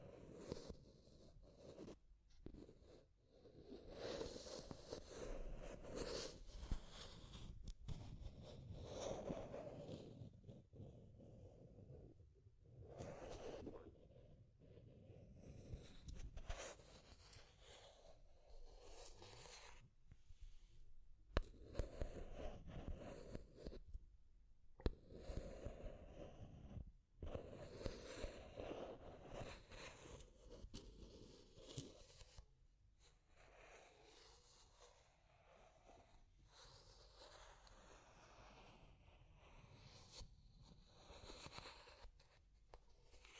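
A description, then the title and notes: Deep scratching in rough, grainy strokes that come in bursts and swells, each lasting a second or several, broken by brief silent gaps around 3, 12, 25 and 27 seconds. The sound is mostly low and full, with gritty rasping on top that thins toward the end. Deep Scratching. (No Talking).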